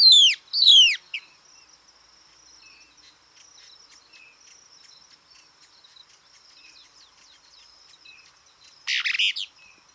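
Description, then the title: Plain-crested elaenia giving two quick descending burry notes, then a harsher buzzy burst near the end, with a constant high insect drone behind. Nominate subspecies cristata. "LuckyPassaro Completos2Sama. Plain-crested Elaenia (Elaenia cristata cristata)"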